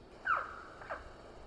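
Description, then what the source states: Northern Saw-whet Owl barking call: two short, slurred, mid-pitched notes over faint background hiss. Played from an iPhone app by biologist Jay Carlisle; an aggression kind of call, like their bark; sometimes found there in winter.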